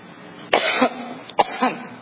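Two sharp coughs about a second apart, each ending in a brief voiced catch: part of a coughing fit by an adult woman, while being questioned at a hearing.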